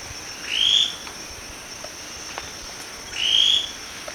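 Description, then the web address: Scale-crested pygmy-tyrant giving two separate buzzy notes, about three seconds apart, against a faint background hiss. Recorded in Ecuador. "Birds of Ecuador 3. Scale-Crested Pygmy-Tyrant"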